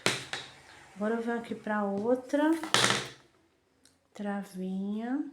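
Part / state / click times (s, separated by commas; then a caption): plastic lock washer onto safety eye shank in crocheted doll head / seated / 0.1 s, 0.3 s. A plastic locking washer is pressed onto the plastic shank of a safety eye through a crocheted amigurumi doll head, and it snaps home with sharp clicks at 0.1 s and 0.3 s. Afterward someone talks, and the washer is seated.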